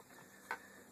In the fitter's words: Make sure you hear that little click there.